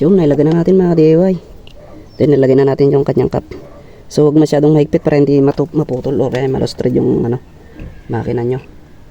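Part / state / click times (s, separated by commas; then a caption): spark plug cap onto motorcycle spark plug / not seated / none. A spark plug cap is handled for pressing onto the spark plug of a Sniper 155 motorcycle that misfires and suddenly slows down at high rpm. Someone talks throughout, with quieter handling gaps between phrases. Nothing has seated or clicked yet.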